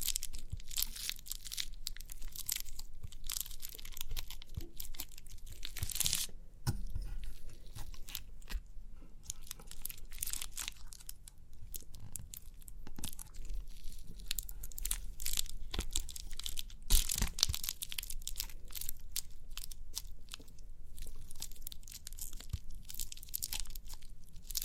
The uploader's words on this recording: ASMR Relaxing & Crinkly Pimple Popping(No Talking).